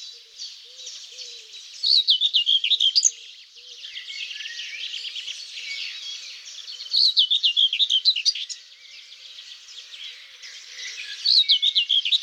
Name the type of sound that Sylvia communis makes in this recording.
song